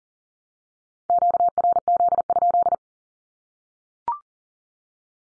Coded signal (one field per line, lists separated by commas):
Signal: Morse code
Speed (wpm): 40 wpm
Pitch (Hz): 700 Hz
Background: none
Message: QRZ?